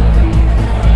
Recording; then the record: background sound without coughing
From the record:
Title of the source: Party Noise 1 Hour Party Ambience